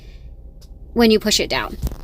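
An Evenflo Pivot bassinet, lifted off and turned to face the other way, is being handled above the stroller frame mounts before being pushed straight down onto them. Someone talks over quiet background noise. Nothing has seated or clicked yet.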